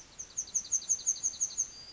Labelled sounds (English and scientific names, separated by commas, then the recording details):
Yellowhammer (Emberiza citrinella) song
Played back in forest
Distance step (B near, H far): E
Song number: 005